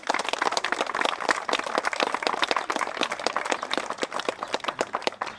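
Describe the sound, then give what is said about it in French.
An audience applauds Colorature for its photographic printing work with steady, dense clapping, many hands striking in quick irregular bursts that hold an even loudness throughout without any voices rising above it. “Et je vous propose tout de suite, puisqu'on ne le fera plus dans le parcours, d'applaudir Colorature qui a fait un travail vraiment formidable.”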